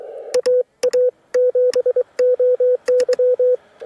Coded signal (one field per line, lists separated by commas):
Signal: Morse code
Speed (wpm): 23 wpm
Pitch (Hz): 500 Hz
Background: radio noise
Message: AA7OY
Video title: Yaesu 857 for SOTA